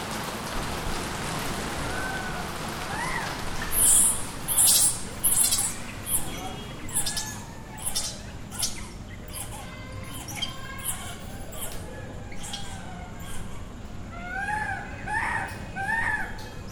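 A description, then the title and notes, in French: A crowded street teems with voices, people calling and chattering over a constant low rumble of traffic. Short bright whistles or horn-like squeaks break through around four to six seconds, and a cluster of rising chirpy calls appears near the end. Bénarès, Vârânasî ou cité de Shiva, une des villes les plus sacrées d’Inde ! Ca grouille de partout, grouille de gens, vélos, rickshaws (triporteurs bruyants), voitures, vaches, chiens, moustiques, singes en ruts, cafards, vendeurs de toutes sortes, rabatteurs,de babas et sâdhus….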